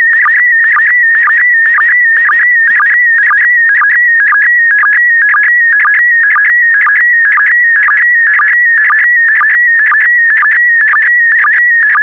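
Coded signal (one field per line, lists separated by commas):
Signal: SSTV (slow-scan television)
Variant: PD120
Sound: warbling tone shifting pitch constantly, with a short low blip about twice a second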